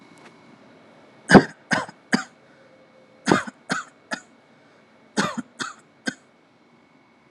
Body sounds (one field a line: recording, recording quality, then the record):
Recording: shallow voluntary cough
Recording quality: excellent, no background noise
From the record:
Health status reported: healthy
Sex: male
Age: 40 years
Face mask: not worn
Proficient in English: yes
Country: India